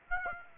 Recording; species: mosquito wingbeat signal from an infrared sensor; Aedes aegypti